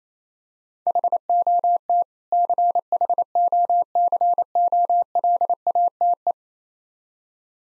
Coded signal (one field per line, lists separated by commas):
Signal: Morse code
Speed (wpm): 27 wpm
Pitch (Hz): 700 Hz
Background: none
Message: HOT CHOCOLATE